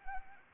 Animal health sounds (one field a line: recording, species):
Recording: mosquito wingbeat signal from an infrared sensor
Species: Anopheles arabiensis